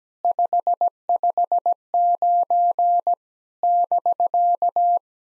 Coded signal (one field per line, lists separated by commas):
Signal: Morse code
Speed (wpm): 17 wpm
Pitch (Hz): 700 Hz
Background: none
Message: 559 <BK>